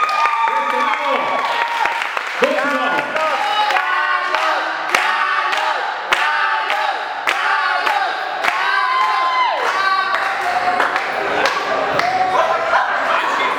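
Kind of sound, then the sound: crowd, loud audience applause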